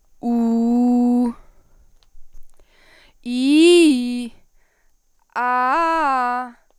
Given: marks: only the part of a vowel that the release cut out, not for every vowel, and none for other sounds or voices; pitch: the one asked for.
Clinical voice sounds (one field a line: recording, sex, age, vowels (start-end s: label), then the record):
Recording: sustained vowels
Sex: female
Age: 20 to 29 years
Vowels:
0.36-1.24 s: vowel /u/, low pitch
3.37-4.17 s: vowel /i/, low-high-low pitch
5.46-6.35 s: vowel /a/, low-high-low pitch
From the record:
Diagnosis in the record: healthy voice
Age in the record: 21 years